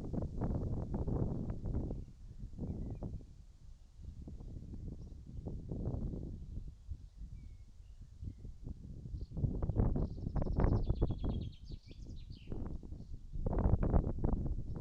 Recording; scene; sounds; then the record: everyday scene through a hearing-aid microphone; wind on the microphone; wind, birds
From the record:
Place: in front of a rural house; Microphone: in the ear canal, right